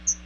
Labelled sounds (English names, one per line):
Chestnut-sided Warbler flight call